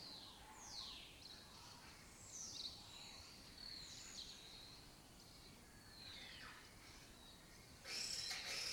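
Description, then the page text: Lesser kestrel calls: a rapid series of high, falling, squealing notes with shorter chips between them, ending in a brief loud crackling burst. Breeding colony in an abandoned building complex in Doñana; migratory raptor that forages in West Africa and breeds in southern Europe. "Lesser Kestrels Took Over an Abandoned Building. A migratory raptor wich spends its foraging time in West Africa and breeds in southern Europe. Here in Doñana"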